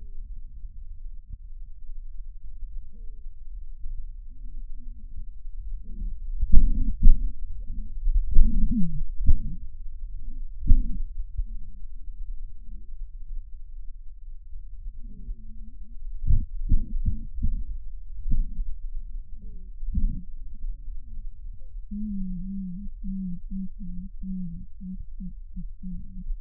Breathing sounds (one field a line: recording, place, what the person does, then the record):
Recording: lung sounds by stethoscope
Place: right anterior apical chest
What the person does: quiet breathing, then cough and speech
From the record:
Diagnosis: asthma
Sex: female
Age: 56 years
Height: 161 cm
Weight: 85 kg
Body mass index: 32.8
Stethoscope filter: bell mode